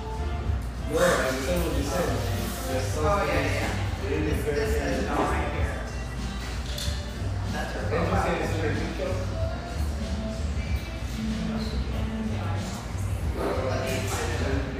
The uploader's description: lively chatter from this spacious, vivacious tea room in the North End of Boise